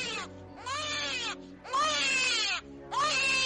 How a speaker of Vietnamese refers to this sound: Tiếng trẻ con khóc càng dữ dội. Rồi con bé hét lên trong đau đớn.